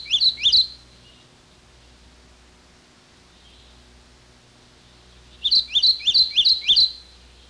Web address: 101 Bird Songs. Kentucky Warbler